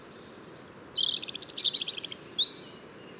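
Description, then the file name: European robin giving a brief, high phrase: a thin whistle, a rapid trill, then sharp sliding notes. "Erithacus rubecula"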